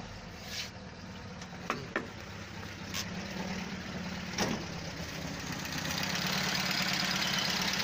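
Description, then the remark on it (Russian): A car engine hums with a steady low drone, its pitch and loudness gradually climbing toward the end as it revs up to just over 2000 rpm, with a few sharp ticks early on and no talking. “Ну вот, до 2000 чуть побольше газовый, видите.”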